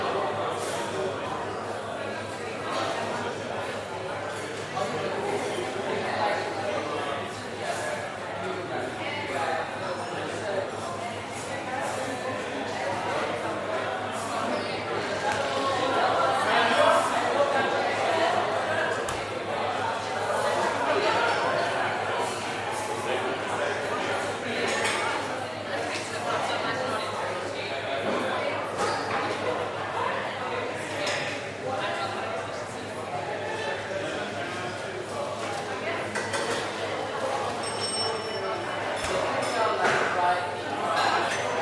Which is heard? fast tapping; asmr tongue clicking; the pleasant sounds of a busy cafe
the pleasant sounds of a busy cafe